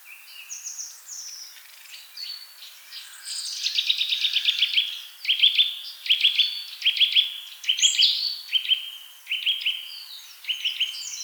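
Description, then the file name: Eurasian nuthatch giving rapid runs of sharp, piping notes in repeated bursts. "Sitta europaea"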